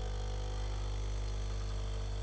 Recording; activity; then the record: daily activity, microphone in the room; make coffee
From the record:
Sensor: 4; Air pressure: 1010.1 hPa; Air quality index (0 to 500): 181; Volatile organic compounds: 5 ppm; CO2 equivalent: 1834 ppm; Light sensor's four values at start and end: 28/86/33/33 and 27/82/32/32